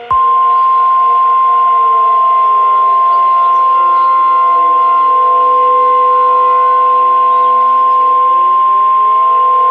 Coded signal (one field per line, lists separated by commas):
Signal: Emergency Alert System (SAME) tones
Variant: 1050 Hz attention tone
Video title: EAS Mini Scenario: The Lava Storm. (Inspired by tmyk's "Acid Rain" EAS Scenario)